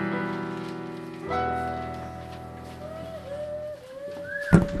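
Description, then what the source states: Goose honks: drawn-out nasal, harmonic calls overlap, with a sharper honk after a second and a short sliding note near the end, followed by a brief clatter. Recorded on 3 November 2015.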